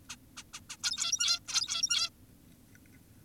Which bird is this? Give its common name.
Zebra Finch